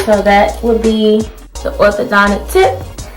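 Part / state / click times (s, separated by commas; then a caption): orthodontic tip into water flosser handle / not seated / none. Someone talks while handling a plastic orthodontic tip for a water flosser handle, with music in the background. A brief sharper sound comes near 3.0 s, but the tip has not yet clicked or seated into the handle by the end of the clip.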